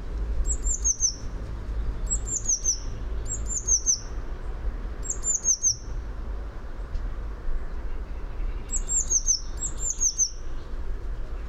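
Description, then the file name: Eurasian blue tit calling repeatedly: several quick phrases of high, slurred descending notes, over low rumble. "Cyanistes caeruleus"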